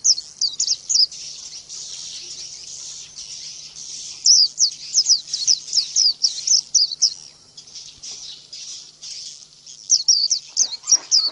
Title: Kicau Kacer